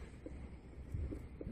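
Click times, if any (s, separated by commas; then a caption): none. A CK-1P6 sensor board is handled and placed down onto a telephone so that it covers the phone's line buttons, with soft low rustling and a few dull bumps near 0.9 to 1.1 seconds and a brief faint tap at 1.4 seconds. Nothing has seated or clicked into place yet.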